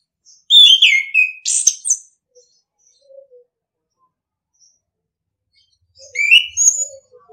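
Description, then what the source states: Orange-headed thrush song: a rich run of whistles and rasping high notes, then quiet low notes, then a short whistled phrase near the end. Training recording (masteran) in the singing style called ngeplong.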